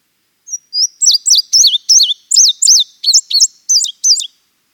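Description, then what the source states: Indigo bunting song: a bright, high series of sweet paired notes, about a dozen phrases delivered quickly over four seconds, in silence. Winnipeg, Canada.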